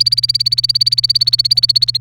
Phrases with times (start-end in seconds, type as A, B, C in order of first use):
0.00-1.97 A